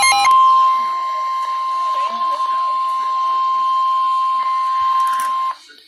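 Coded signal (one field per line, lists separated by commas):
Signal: Emergency Alert System (SAME) tones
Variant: 1050 Hz attention tone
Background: speech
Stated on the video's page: Real EAS alerts received on a Midland WR-120EZ and another emergency radio from NOAA weather radio 162.55 MHz and an FM broadcast station, Pennsylvania.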